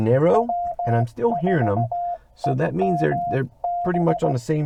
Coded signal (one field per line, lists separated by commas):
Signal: Morse code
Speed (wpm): 18 wpm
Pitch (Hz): 690 Hz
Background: speech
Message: W4EMB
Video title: POTA at Haynes Bottom, TN 12 Feb